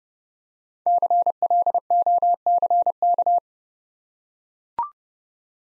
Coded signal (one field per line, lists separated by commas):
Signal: Morse code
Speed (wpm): 29 wpm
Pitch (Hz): 700 Hz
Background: none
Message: CLOCK